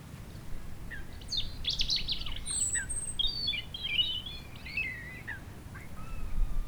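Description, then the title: European robin song, varied high twittering and liquid trills rising and falling, against constant low wind noise in trees. Robin singing nearby, in sun on the sloping lawn of Châtillon beach, Chindrieux, France, sheltered from the north wind, with wind murmuring in the trees. "Chem. des Rubellines, Chindrieux, France - rouge gorge"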